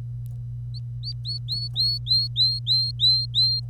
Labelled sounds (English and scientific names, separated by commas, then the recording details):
Domestic Canary (Serinus canaria) song
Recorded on 25 April 2018 at 08:07
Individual llb3